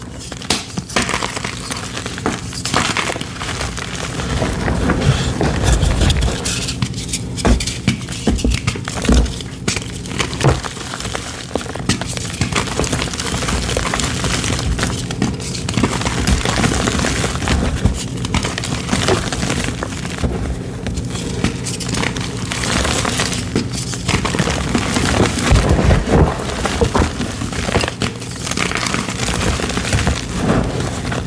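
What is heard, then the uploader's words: Gym chalk cylinders being crushed, a continuous gritty crunching and crumbling that runs the whole half minute with little pause. Dense crackly bursts come thick and irregular, with slightly harder crunches around 6, 20 and 26 seconds, over a steady low hum. ASMR crushing gym chalk rainbow cylinders.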